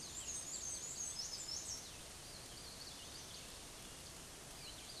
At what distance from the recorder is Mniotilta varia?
about 25 m